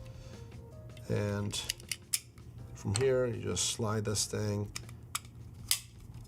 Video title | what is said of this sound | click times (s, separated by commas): What Is The Best Way To Store Loaded Magazines? | done hear that click and you're good to | 5.7 s